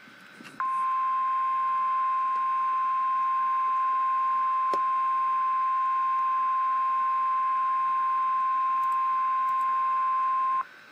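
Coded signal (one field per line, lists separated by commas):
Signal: Emergency Alert System (SAME) tones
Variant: 1050 Hz attention tone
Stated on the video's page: Real EAS Severe Thunderstorm Warning.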